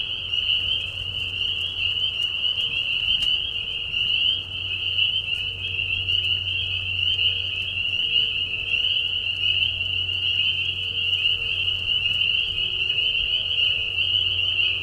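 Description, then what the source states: Spring peepers calling in a dense chorus, high whistled peeps merging into a steady shrill drone, with a faint low hum underneath throughout. Several spring peepers giving mating calls in a marsh at night during a very short spring season, Tiny Marsh Conservation Area, Tiny, Ontario, Canada; high whistles at low volume.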